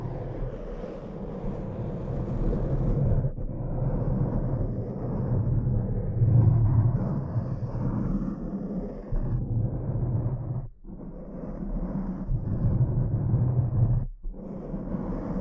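Rough, continuous low scratching fills the clip, a dense rumbling texture that swells and eases, broken by two brief silences near eleven and fourteen seconds.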